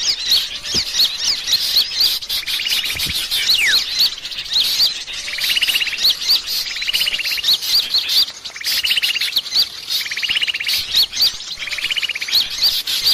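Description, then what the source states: Birds: steady high chorus of chirping birds with whistled slides, and buzzy rattling trills repeating every one to two seconds. Bird lure call (pikat), described as a thousand birds.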